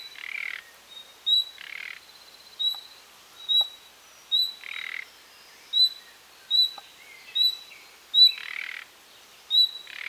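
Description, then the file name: Common nightingale: sharp high whistled notes repeated over and over, mixed with several hoarse rasping calls and a few faint clicks. "Luscinia megarhynchos"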